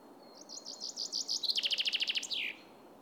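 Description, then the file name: Common chaffinch song: a single phrase of quick high notes followed by a loud, even trill, closed by a falling flourish. "Fringilla coelebs"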